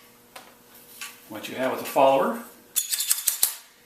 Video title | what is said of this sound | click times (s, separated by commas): RCI XM2BE Magazine Tube Installation | and you'll hear the uh the fallover snap into place | 0.4 s